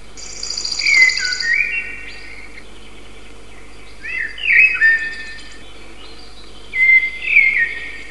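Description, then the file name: Common blackbird singing: three short bursts of fluted, whistled phrases with quiet gaps between them. "drozd chernyjj"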